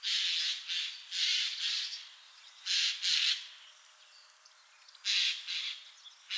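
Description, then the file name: Eurasian jay calling with loud, hoarse screeches, mostly in pairs separated by short pauses, over a quiet background. "Garrulus glandarius"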